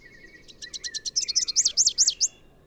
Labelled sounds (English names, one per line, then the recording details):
Rufous-capped Warbler song
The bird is a male
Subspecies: rufifrons
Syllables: 17
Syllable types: 5
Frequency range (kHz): 3.1-7.6 kHz
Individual YA-SON-M